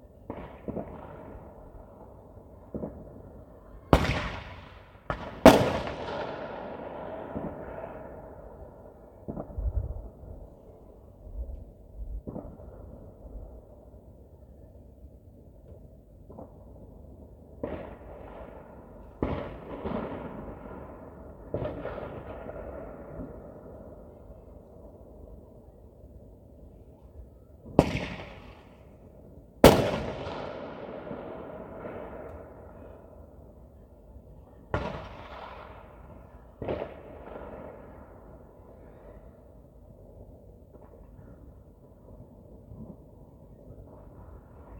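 New Year's Eve fireworks: sharp bangs burst out every few seconds, loudest near 5, 29 and 35 seconds, each trailing off in a crackling, rumbling echo. Between the blasts a low, steady hum and scattered softer pops fill the background.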